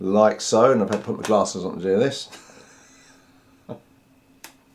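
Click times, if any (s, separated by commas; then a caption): 4.4 s. Someone talks while lining up a 1.4x teleconverter with a Fuji 70-300 telephoto zoom lens by their red dots, then twists it onto the lens bayonet mount. After a faint tap at about 3.7 seconds, a short, sharp click at 4.4 seconds marks the teleconverter seating on the lens mount.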